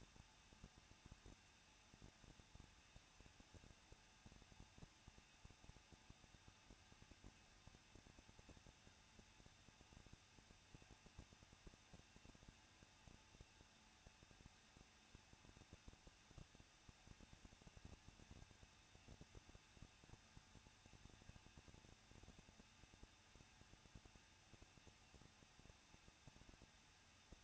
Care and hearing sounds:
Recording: daily activity, microphone in the room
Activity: no activity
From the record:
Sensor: 2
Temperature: 21.0 degrees Celsius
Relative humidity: 37.4%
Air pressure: 1006.2 hPa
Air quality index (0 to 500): 222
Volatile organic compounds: 24 ppm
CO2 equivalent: 2813 ppm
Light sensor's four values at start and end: 2/3/2/2 and 2/3/2/2

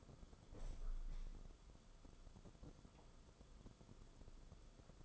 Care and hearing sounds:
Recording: daily activity, microphone in the room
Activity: open window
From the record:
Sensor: 5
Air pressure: 994.4 hPa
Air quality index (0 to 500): 186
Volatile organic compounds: 1000 ppm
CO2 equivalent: 5471 ppm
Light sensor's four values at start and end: 9/22/9/10 and 9/23/9/10

